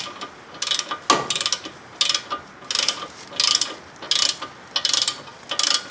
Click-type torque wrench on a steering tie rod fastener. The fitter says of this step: out here now just easy you already hit it go ahead you hear a click yeah that's it 18.